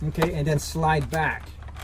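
Someone talks while a clip-on plastic foam drop fuel tank is held down against the wing of an E-flite F-16 80mm RC jet and slid back along its clip, with only faint handling noise under the voice. The clip ends before the tank goes home, so nothing has seated or clicked yet.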